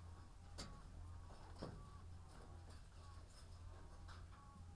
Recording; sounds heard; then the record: poultry house recording; sick chickens (respiratory disease)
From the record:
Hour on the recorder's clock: 14